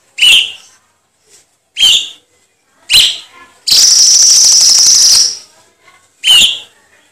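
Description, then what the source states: Cucak cungkok gives a few single sharp chirps, with one sustained harsh hissing burst midway. Masteran tutor song used for training songbirds.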